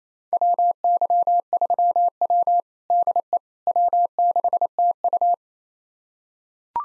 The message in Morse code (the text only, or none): WY3W DE W6TU